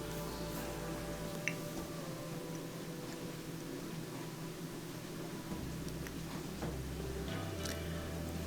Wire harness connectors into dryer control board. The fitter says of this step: all these all kind of click into place you want to keep pushing them in until they're fully in position